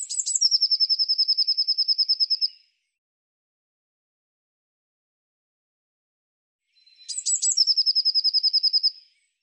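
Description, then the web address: Bird singing two similar phrases: a couple of high, thin opening notes running into a quick, regular trill of many notes, separated by several seconds of silence. "Deverinetal Bird"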